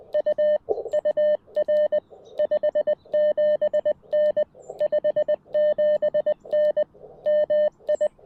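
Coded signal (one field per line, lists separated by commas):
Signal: Morse code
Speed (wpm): 20 wpm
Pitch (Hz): 590 Hz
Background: none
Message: U UR 57N 57N MI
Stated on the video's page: CW POTA activation on 40m with a CFT1 radio, EFHW antenna, homebrew Pico Paddle.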